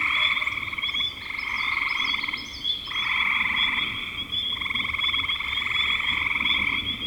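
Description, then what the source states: Frogs trilling in long rasping bursts with brief breaks, over a constant high whine, plus faint stepped chirps early on. Recorded in spring 2025.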